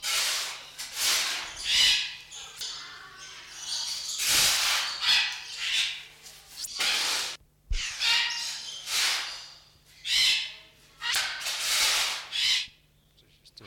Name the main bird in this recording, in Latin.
Calyptorhynchus banksii